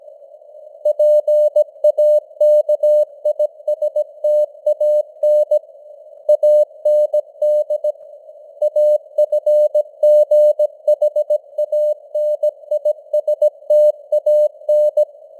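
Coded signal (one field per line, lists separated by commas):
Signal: Morse code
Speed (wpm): 17 wpm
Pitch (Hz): 600 Hz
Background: none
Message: PAKISTAN AND AFGHANISTAN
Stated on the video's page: News headlines in Morse at 17 wpm with simulated radio noise and varying signal strength (QSB).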